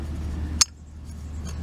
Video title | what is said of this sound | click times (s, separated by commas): Four 30lb LPG tanks in my 2015 Raptor 300mp and Uni Strut demo | and it snaps into place like that | 0.6 s